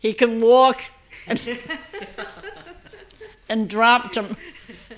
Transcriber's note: they all laugh